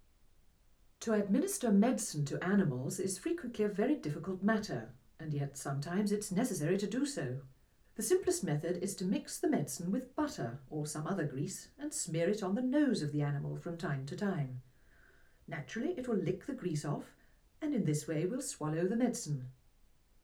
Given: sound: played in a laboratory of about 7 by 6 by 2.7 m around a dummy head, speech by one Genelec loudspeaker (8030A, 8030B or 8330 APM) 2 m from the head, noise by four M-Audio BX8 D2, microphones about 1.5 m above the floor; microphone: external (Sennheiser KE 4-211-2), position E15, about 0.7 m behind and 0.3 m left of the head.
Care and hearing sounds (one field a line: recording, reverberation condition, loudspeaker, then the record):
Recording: female speech in English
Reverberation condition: low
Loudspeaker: 60 degrees to the left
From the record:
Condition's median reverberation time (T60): about 310 ms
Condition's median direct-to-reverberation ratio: about 3.5 dB